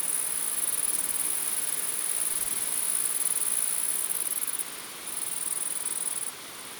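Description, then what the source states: Grasshoppers buzz in a high, steady hiss that cuts out briefly near the end, resumes, then stops again, leaving quieter background noise. Several grasshoppers recorded in windy conditions.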